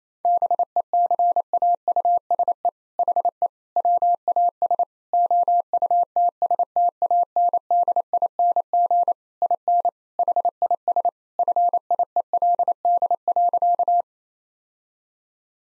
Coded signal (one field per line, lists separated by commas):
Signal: Morse code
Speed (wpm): 27 wpm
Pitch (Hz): 700 Hz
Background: none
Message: BECAUSE HE WAS OUTSTANDING IN HIS FIELD.